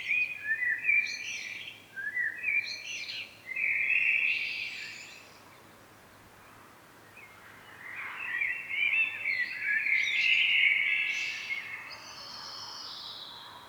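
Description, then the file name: Common blackbird song: several short fluty warbled phrases, each ending in a higher squeaky twitter, then a longer rich phrase after a pause of a few seconds. "Turdus merula"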